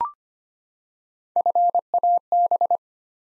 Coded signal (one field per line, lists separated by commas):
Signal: Morse code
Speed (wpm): 25 wpm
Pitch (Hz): 700 Hz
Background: none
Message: FAB